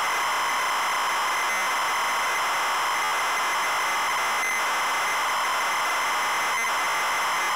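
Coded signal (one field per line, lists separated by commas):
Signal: ZX Spectrum tape loading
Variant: ZX Spectrum +2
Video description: Double Dragon - Zx Spectrum +2 (Full Cassette Tape Loading & Gameplay) / To skip the loading and go to the main game 11:30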